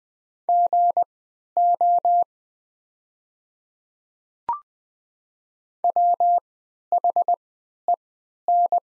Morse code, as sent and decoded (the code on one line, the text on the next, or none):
--. --- / .-- .... . -.
GO WHEN